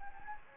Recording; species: mosquito wingbeat signal from an infrared sensor; Anopheles gambiae